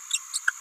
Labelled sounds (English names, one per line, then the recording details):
Green-rumped Parrotlet babbling
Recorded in a nest box in Venezuela
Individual 18B17A3